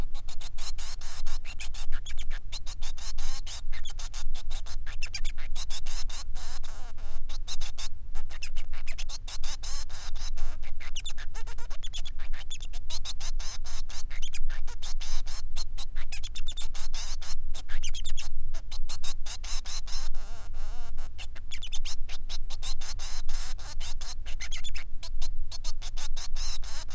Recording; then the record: song of a male Bengalese finch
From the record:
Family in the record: son of father 3